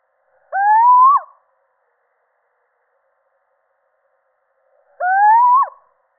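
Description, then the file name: Little owl giving two drawn-out rising, nasal hoots, each under a second long and ending in a quick downward slide, spaced roughly four and a half seconds apart. Male. "Sycek obecny samec"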